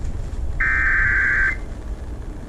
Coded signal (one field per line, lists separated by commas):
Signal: Emergency Alert System (SAME) tones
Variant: header bursts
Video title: Did you say Required Daily SVRs? | EAS #592-605 (Severe Weather Alerts from 7/16-17/2024)